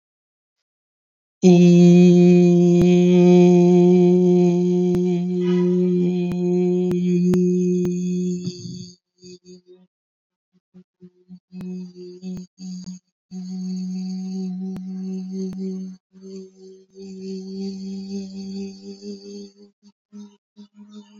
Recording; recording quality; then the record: sustained vowel as in beet; excellent, no background noise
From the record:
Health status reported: COVID-19 positive, mild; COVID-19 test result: positive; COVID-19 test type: RT-PCR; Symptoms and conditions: cough, cold, sore throat, muscle pain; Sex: male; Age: 28 years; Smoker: yes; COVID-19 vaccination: both doses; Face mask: worn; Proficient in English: yes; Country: India